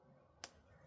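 A plastic safety eye backing is pressed onto the post of the second safety eye through the crochet fabric of a crocheted ghost. A single sharp click sounds at 0.4 s over a quiet background. The backing clicks on and the eye is seated.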